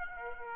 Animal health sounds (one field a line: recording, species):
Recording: mosquito wingbeat signal from an infrared sensor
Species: Aedes aegypti